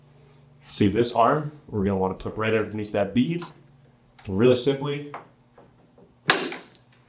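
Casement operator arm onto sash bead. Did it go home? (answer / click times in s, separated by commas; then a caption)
yes / 6.3 s. While a casement window sash is being reinstalled, someone talks and then squeezes the top operator arm onto the bead on the sash. A sharp click at 6.3 seconds is the arm snapping back into place, seated on the bead.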